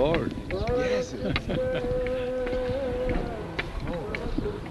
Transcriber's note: laughs